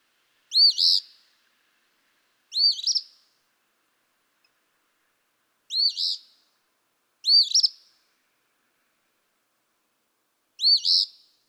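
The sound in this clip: Eastern phoebe giving five harsh two-syllable song phrases, separated by pauses of one to three seconds, background silent.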